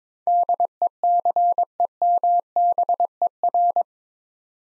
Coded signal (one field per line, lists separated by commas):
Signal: Morse code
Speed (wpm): 22 wpm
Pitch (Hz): 700 Hz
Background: none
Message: DECEMBER